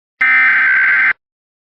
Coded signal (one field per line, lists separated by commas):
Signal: Emergency Alert System (SAME) tones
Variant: header bursts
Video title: EAS Scenario - "The Mandela Effect" (Remastered) V2: Area & Font Updates